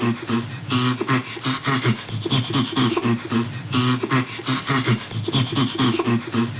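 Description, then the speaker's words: Chimpanzee laughing in fast, rhythmic panting bursts, breathy and hoarse, repeated in quick runs with brief pauses between. Chimpanzee laughter, very fast. "una voce sicuramente che c'è più familiare, ascoltiamo la risata di uno scimpanzé."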